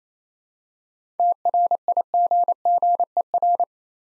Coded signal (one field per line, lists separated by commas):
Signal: Morse code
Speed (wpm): 27 wpm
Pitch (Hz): 700 Hz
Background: none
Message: TRIGGER